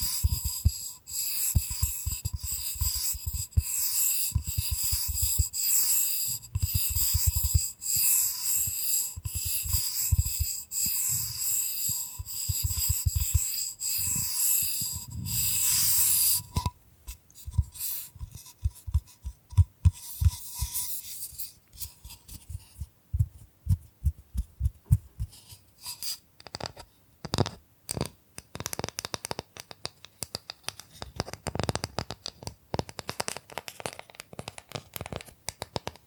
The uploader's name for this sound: Bamboo Tapping, Scratching and Brushing Sounds